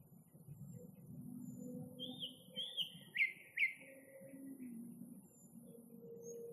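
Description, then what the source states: Nightingale song: slurred whistles and two sharp sweeping notes, followed by quieter notes, with low rumbling background noise throughout. Nightingale singing, recorded in May 2021.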